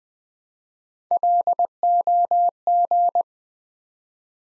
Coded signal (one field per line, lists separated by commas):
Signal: Morse code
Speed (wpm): 20 wpm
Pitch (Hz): 700 Hz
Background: none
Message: LOG